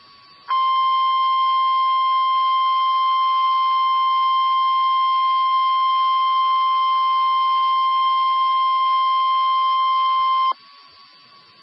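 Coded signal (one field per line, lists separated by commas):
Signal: Emergency Alert System (SAME) tones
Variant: 1050 Hz attention tone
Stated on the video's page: Severe thunderstorm warning from central Nebraska, recorded from an internet stream.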